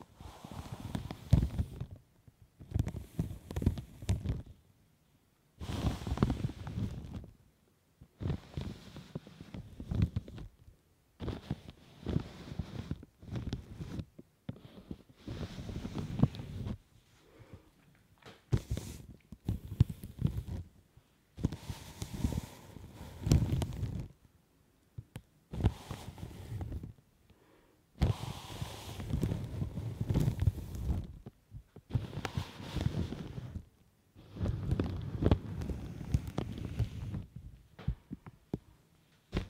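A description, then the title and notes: Latex gloves and plastic rub and brush against the mic in repeated bursts of low, thick scratching, separated by short silent gaps. Latex gloves, Mic brushing, Plastic on mic, tweezers.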